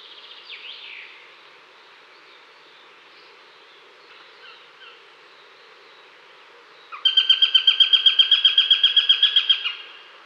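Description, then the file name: Eurasian sparrowhawk alarm call, a quiet stretch of faint background calls, then a loud rapid chattering series of even notes lasting about three seconds. Female Eurasian sparrowhawk giving alarm calls at the nest. "krahujec obecny varovani samice u hnizda"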